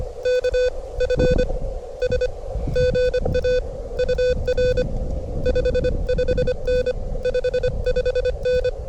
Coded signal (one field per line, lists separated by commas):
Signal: Morse code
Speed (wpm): 23 wpm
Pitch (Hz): 500 Hz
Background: none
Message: KFS GA UR 55N 55N